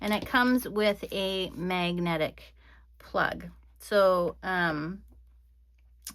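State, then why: Seated. Someone talks, then a magnetic power plug is attached to the socket of a hot foil plate machine. It snaps into place with a short click at 6.1 s, seated and ready for the machine to heat up.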